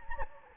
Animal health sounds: mosquito wingbeat signal from an infrared sensor; Anopheles gambiae

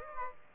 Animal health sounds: mosquito wingbeat signal from an infrared sensor; Aedes aegypti

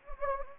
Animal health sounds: mosquito wingbeat signal from an infrared sensor; Anopheles gambiae

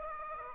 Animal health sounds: mosquito wingbeat signal from an infrared sensor; Aedes aegypti

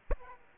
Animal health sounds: mosquito wingbeat signal from an infrared sensor; Aedes aegypti

